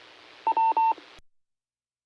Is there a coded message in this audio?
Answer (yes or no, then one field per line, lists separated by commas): no